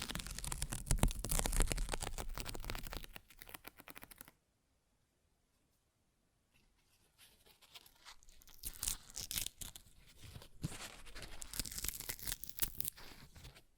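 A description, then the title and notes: Paper rips and tears in dense, crackling bursts for the first four seconds, then stops for about two seconds of near silence. Quieter rustling returns around six and a half seconds, building into more sharp, bright tearing strokes through the end. ASMR Paper Ripping Tearing Sounds (No Talking).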